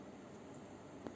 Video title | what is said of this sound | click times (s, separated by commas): How to differentiate between asthma and Covid cough | then you click it this way. You hear the click, and you can breathe out. | 1.1 s